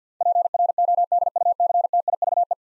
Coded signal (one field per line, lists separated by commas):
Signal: Morse code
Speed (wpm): 50 wpm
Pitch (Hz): 700 Hz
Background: none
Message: PRODUCTIVE